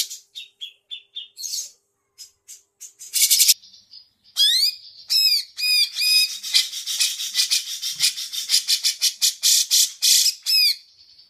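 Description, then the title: Grey-cheeked bulbul song, a varied run of high harsh notes, buzzy trills and looping whistled phrases, building into fast rhythmic bursts with brief gaps. Long-duration masteran (tutor) recording for training song. "Cucak Jenggot Masteran Durasi Panjang"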